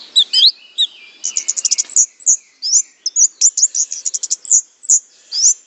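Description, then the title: Orange-headed thrush singing a fast, varied stream of high chirps, trills and slurred whistles. "Anis Merah"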